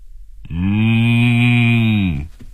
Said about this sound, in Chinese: 一声清晰的牛叫声从电话里传了出来